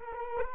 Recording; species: mosquito wingbeat signal from an infrared sensor; Culex quinquefasciatus